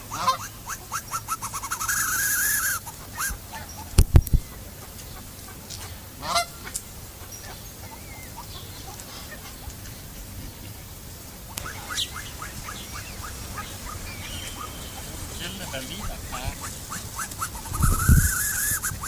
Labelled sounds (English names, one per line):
Andean Goose call